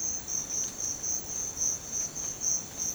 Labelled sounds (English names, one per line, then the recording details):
none
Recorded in secondary vegetation near Puerto Asís, Putumayo, Colombia, on 30 June 2025 at 06:00
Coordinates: 0.500, -76.326
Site GP08